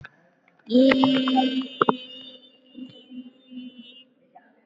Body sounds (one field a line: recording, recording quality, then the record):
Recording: sustained vowel as in made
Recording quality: excellent, no background noise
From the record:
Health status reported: COVID-19 positive, mild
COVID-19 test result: positive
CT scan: not taken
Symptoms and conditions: cold, fever, muscle pain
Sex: female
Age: 19 years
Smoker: no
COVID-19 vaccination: one dose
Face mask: not worn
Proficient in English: yes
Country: India